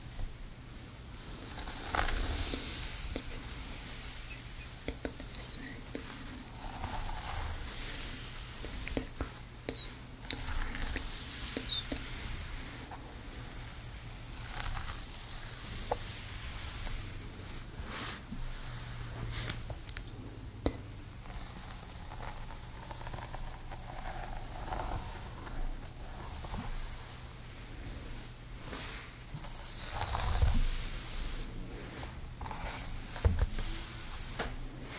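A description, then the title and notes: Hair styling sounds: soft, hissy brushing strokes and rustling that come in uneven bursts, with brief sharp clicks and snips scattered throughout, including a couple around the 30-second mark. A steady low hum runs underneath the whole time. Gentle Hair Styling. Brushing, Shampoo, Blowdry, Scissors, Flat Iron.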